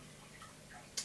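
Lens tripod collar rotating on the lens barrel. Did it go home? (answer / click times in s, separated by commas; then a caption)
yes / 1.0 s. The tripod collar of a Sigma 150-600 telephoto zoom lens is rotated on the lens barrel against a quiet, steady background with faint soft tones. It snaps into its click-stop detent with a short, sharp, bright click at 1.0 s. The collar is seated where it should be.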